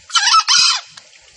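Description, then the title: Junglefowl calls: two loud, harsh, nasal notes in quick succession, then quiet. Female junglefowl call used as a lure for trapping in the forest. "Pancingan Suara Ayam Hutan Betina. Suara ayam hutan jantan buat masteran pikat di hutan"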